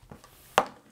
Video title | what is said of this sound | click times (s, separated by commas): Thrunite TH10 vs Nitecore HC50 Headlamp Comparison | uh it kind of clicks into place | 0.6 s